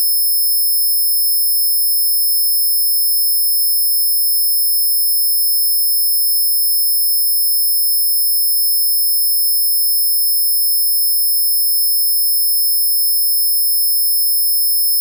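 Pure sine tones at 15000 Hz and 19000 Hz sound together as a piercing, very high whine. The tone holds perfectly steady for the whole length, with no breaks or changes in pitch or loudness. A very faint low hum sits underneath.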